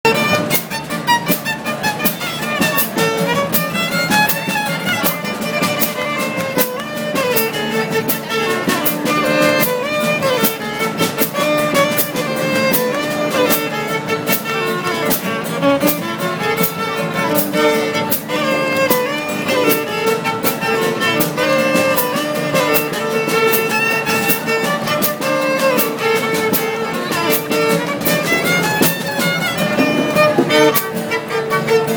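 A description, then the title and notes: Lively hoedown music plays steadily outdoors, with bright sustained melody lines over constant quick plucked strumming and a busy crowd murmur. Hoe down at the Pickle Festival! at New Amsterdam Market/Peck Slip.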